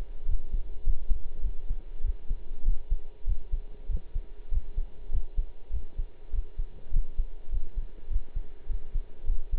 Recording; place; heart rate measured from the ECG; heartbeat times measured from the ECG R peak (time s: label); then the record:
heart sounds by stethoscope; between the tricuspid and mitral areas; 100 bpm
0.27 s: heartbeat
0.83 s: heartbeat
1.42 s: heartbeat
2.02 s: heartbeat
2.64 s: heartbeat
3.26 s: heartbeat
3.88 s: heartbeat
4.50 s: heartbeat
5.11 s: heartbeat
5.71 s: heartbeat
6.31 s: heartbeat
6.92 s: heartbeat
7.50 s: heartbeat
8.09 s: heartbeat
8.68 s: heartbeat
9.26 s: heartbeat
From the record:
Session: pedaling a stationary bicycle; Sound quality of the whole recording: partially saturated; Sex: male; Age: 23 years